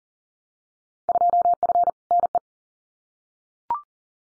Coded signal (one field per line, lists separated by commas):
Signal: Morse code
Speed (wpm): 40 wpm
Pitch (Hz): 700 Hz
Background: none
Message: 2F NE